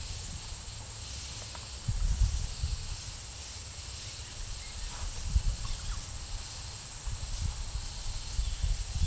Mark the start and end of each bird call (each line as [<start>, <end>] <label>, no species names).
[8.37, 9.06] bird call